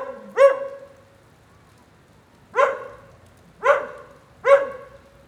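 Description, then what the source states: Dog barking: one bark, a long gap, then three barks roughly a second apart, each loud and harmonic with a slightly dropping pitch. Lone dog in the rain during a thunderstorm at 9a. Avenida 414, Quezaltenango, Guatemala.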